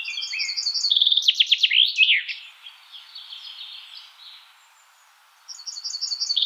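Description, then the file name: Common chaffinch delivering a cascading trilled phrase ending in a flourish, followed by quiet, then the start of the next phrase. "Fringilla coelebs"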